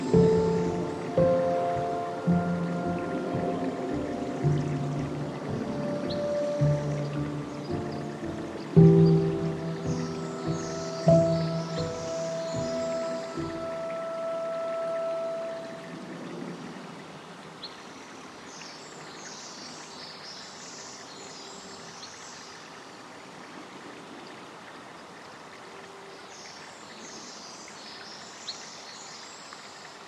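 In Forest Park, a rumbling, tonal engine-like drone fills the first fifteen seconds, then fades to steady stream-like hiss with occasional bright chirps.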